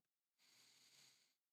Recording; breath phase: one breath near a microphone; inhalation